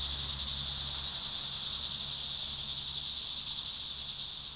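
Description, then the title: Cicadas give a dense, sizzling buzz that fades a little near the close, over a soft low hum. Cicadas calling at Trinity. "neoscenes: cicadas at Trinity"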